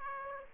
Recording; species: mosquito wingbeat signal from an infrared sensor; Aedes aegypti